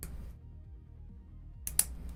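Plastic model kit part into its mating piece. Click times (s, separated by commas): 1.7 s, 1.8 s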